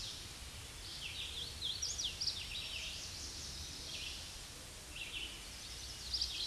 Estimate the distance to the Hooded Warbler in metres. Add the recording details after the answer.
about 40 m. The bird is about 15 m above the microphone. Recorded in a Pennsylvania forest on 16 May 2024 at 07:36. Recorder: AudioMoth, point MSD-2095. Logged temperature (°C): 16.3 °C. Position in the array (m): 163 m, 95 m